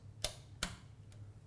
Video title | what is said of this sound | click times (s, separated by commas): Ryzen 5 1600 - $1,200 Build - Part 3 - System Build | slide that in just like so and two kliks memories | 0.2 s, 0.6 s